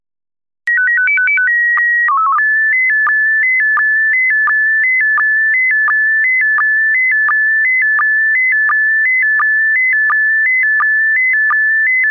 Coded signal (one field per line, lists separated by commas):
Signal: SSTV (slow-scan television)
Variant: PD 90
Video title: Slow Scan Radio Ep 10, September 26, 2018